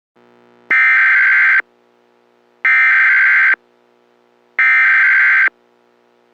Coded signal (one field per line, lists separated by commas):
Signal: Emergency Alert System (SAME) tones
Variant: header bursts